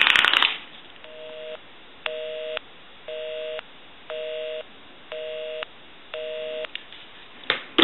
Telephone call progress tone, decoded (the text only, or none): busy tone